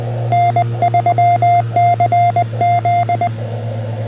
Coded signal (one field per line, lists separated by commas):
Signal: Morse code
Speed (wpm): 18 wpm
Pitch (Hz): 700 Hz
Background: none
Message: N3CZ